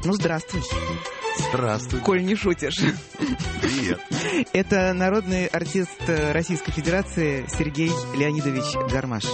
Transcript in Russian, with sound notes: Ну здравствуй!
Здравствуй!
Коль не шутишь. (смеется) Это народный артист Российской Федерации Сергей Леонидович Гармаш.